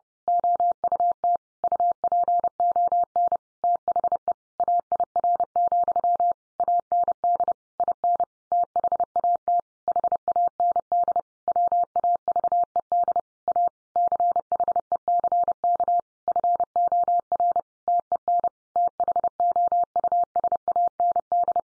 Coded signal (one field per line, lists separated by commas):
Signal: Morse code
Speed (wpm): 30 wpm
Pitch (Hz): 700 Hz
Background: none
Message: OUT UPON THE AIR, AND IN THAT HAND WAVED A CHECK FOR TEN THOUSAND